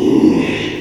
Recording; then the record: squeal of a Yucatan mini pig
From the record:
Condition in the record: after surgery on the right vocal fold (resection and tissue-engineered implant); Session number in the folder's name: 1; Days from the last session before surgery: 6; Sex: male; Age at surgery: 12 weeks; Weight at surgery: 13 kg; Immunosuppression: cyclosporine, prednisolone